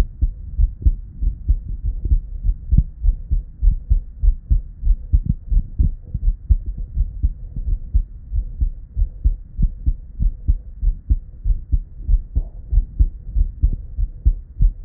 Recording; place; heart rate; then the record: heart sounds by stethoscope; Erb's point; 93 bpm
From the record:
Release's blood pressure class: normal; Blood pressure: 107/61 mmHg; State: at rest